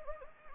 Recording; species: mosquito wingbeat signal from an infrared sensor; Anopheles gambiae